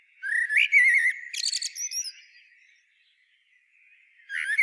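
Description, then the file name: Eurasian blackbird phrase: a rising fluted whistle warbling on, then a burst of high, rapid twittering; a new low phrase begins near the end after silence. "Turdus merula"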